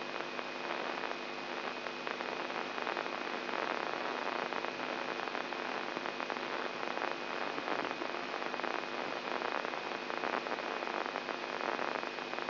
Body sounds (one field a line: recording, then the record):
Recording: brain microelectrode recording played as sound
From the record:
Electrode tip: inside the subthalamic nucleus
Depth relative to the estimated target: 2 mm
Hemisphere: left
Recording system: AlphaMap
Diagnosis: Parkinson's disease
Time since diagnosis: 11 years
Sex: male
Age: 67 years